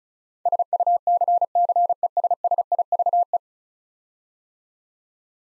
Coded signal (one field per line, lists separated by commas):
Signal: Morse code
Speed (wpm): 36 wpm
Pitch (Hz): 700 Hz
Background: none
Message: SUCCESSIVE